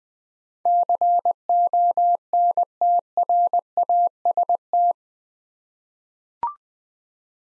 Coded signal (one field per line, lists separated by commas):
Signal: Morse code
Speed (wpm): 20 wpm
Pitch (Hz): 700 Hz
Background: none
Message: CONTRAST